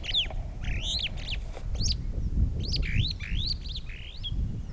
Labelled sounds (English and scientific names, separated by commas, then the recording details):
Superb Starling (Lamprotornis superbus) flight call
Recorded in Kenya